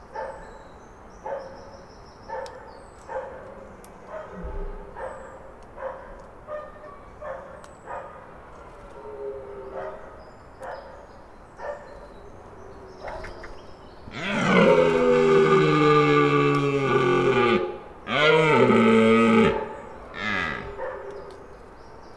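A red deer stag bellows near a garden, two long roaring calls from about 14 to 17 seconds and again near 19 seconds, loud and rough. Before that, quiet open air carries scattered short sounds, possibly calls or knocks, at regular intervals.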